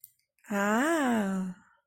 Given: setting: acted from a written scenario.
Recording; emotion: vocal sound without words; realization